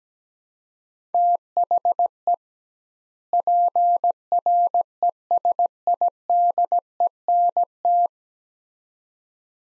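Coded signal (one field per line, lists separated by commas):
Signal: Morse code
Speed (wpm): 17 wpm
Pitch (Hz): 700 Hz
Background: none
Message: THE PRESIDENT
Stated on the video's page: Morse practice drill of two-word sets at 17 wpm with double word spacing, a word-based approach analogous to Farnsworth.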